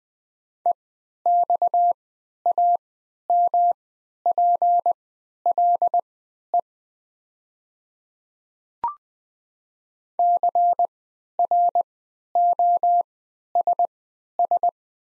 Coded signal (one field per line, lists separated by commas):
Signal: Morse code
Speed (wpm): 20 wpm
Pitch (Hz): 700 Hz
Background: none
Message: EXAMPLE CROSS